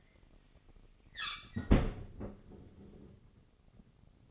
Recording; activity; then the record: daily activity, microphone in the room; close fridge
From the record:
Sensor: 4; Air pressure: 996.0 hPa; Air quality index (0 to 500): 63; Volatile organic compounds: 2 ppm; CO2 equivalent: 1123 ppm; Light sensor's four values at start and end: 14/40/15/17 and 15/41/15/18